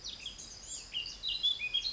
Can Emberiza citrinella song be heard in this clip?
no